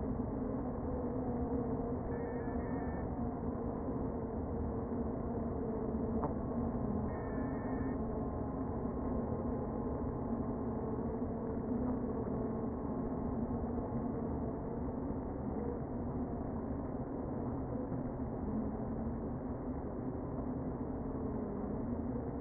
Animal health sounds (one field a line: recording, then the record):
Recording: honeybee colony, microphone inside the hive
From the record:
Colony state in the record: queen present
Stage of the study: before two queens were removed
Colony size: about 60,000 bees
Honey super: yes